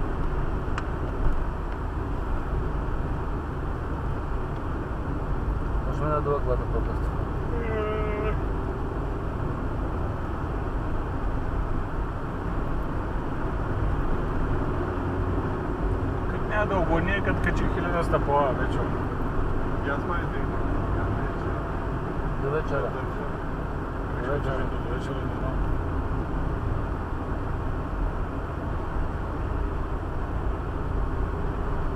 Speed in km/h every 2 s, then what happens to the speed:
56, 56, 55, 59, 61, 64, 67, 69, 71, 71, 69, 66, 63, 63, 62, 60.
4-15 speeds up to 71. 15-32 slows to 60.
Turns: none.